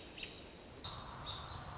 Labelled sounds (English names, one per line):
American Robin